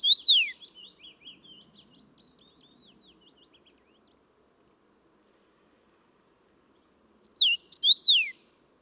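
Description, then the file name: Common rosefinch giving a fluty slurred whistled phrase, followed by soft fading notes, then silence for several seconds before a second similar whistled phrase. "Rosenfink"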